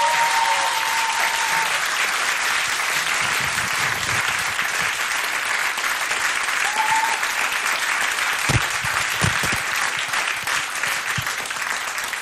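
Sustained audience applause for a band at a Polish radio concert, a dense, steady wash of clapping hands that stays loud and even for the whole stretch, with a few faint whistles and voices mixed in.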